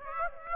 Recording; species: mosquito wingbeat signal from an infrared sensor; Aedes aegypti